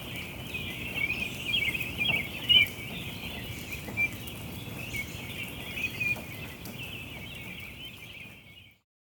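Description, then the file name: High-pitched bird chorus of dense twittering and chirps with some louder notes, then a sudden cut to silence at the end. Chestertown, Maryland, June 5 2017. "Birds Chirping Chstertown MD June 5 2017"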